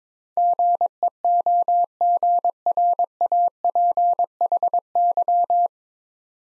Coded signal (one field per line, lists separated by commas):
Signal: Morse code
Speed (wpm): 22 wpm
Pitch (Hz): 700 Hz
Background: none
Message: GEOGRAPHY